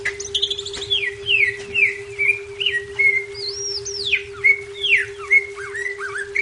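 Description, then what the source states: Leafbird song of sweeping downslurred and upslurred whistles, repeated in quick succession, with a faint low rumble and steady hum behind. Labelled Cucak Ijo 'Daun Kecil'.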